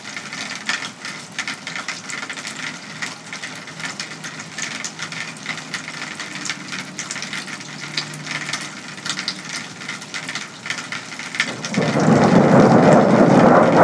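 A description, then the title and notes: Heavy rain pours and floods the gutters and downspouts, a dense steady hiss scattered with quick drips and taps. A low rolling rumble of distant thunder sits underneath. Near the twelfth second the rush swells suddenly into a louder, fuller roar of water. A thunderstorm rolls in the distance as heavy rain floods the gutters and downspouts outside a home in West Michigan.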